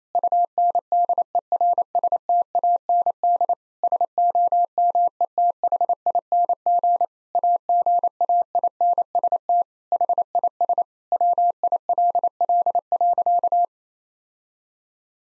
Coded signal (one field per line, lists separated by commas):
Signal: Morse code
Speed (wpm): 28 wpm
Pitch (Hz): 700 Hz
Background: none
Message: UNDERSTAND SOMETHING AGAINST HIS WILL.